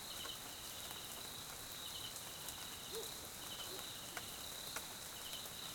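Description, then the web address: Crickets trilling in a steady high chorus, with short pulsed bursts repeating over a constant high buzz, and light rain pattering throughout. South African crickets recorded as night background in jungle at Mkhaya, Swaziland, during rain. "Sonniss com - GDC 2018-Game Audio Bundle Tonschliff - SOUTH AFRICAN CRICKETS BG Swaziland Mkhaya Jungle Night Rain"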